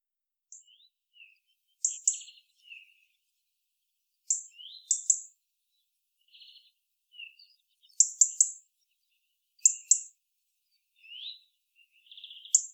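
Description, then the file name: European robin giving sharp, very high ticking calls in quick pairs and triplets, repeated every couple of seconds, with soft thin warbled notes between them. "Erithacus rubecula"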